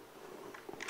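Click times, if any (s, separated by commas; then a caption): 0.8 s. The side cocking lever on a Hatsan ATP2 PCP air pistol-carbine is pulled open until it clicks into the open position. Soft sliding and handling noises lead to small knocks near 0.6 and 0.7 seconds, then a sharp metallic click at 0.8 seconds as the lever locks open.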